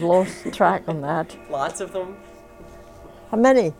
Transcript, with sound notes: I've lost track on that. (they laugh)
Lots of them?
How many?